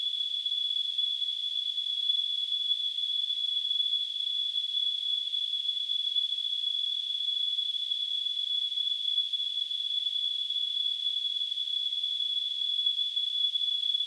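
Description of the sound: A steady, high-pitched whistling tone around 3 kHz runs unchanged for about 14 seconds, with a faint hiss around it and nothing in the low range. It is a simulated tinnitus sound from gtl.org, imitating the constant ringing a person with tinnitus hears.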